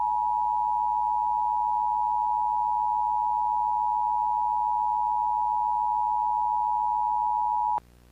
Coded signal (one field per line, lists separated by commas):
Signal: Emergency Alert System (SAME) tones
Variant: 853 and 960 Hz attention tone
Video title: EAS Mock - Flash Flood Emergency (2010)